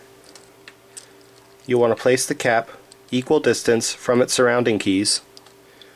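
A plastic key cap is placed onto a Compaq laptop keyboard mechanism and lined up an equal distance from the surrounding keys before being pushed home. Soft ticks sound at about 0.3, 0.4, 0.7 and 1.0 seconds, someone talks from about 1.7 to 5.2 seconds, and faint ticks follow at 5.4 and 5.8 seconds. Nothing has seated or clicked yet.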